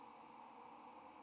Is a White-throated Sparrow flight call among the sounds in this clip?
no